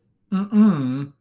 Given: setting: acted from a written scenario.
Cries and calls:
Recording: vocal sound without words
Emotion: confusion

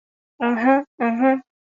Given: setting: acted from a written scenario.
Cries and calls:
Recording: vocal sound without words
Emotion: realization

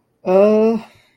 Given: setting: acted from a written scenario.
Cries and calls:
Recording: vocal sound without words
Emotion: distress

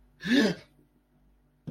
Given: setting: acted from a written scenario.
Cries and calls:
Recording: vocal sound without words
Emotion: fear

